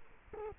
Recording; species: mosquito wingbeat signal from an infrared sensor; Culex quinquefasciatus